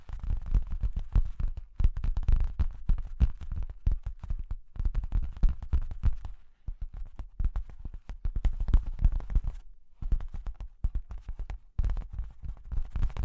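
Dense, irregular tapping and scratching on cork and wood, low and knocking, in bursts separated by short pauses near 6.5, 10 and 11.5 seconds.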